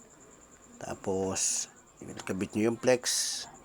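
A phone's LCD flex cable is being handled for plugging onto its mainboard connector during a display replacement on an Oppo A15 with blinking and double-image problems. Someone talks throughout, with a steady high hiss in the background. Nothing has seated or clicked yet.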